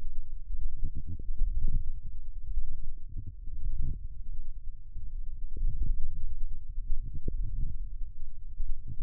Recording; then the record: forearm muscle sounds (acoustic myography)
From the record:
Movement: wrist extension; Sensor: system 1, eight BSWA MPA416 microphones around the upper forearm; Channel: 5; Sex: female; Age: 21 years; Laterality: right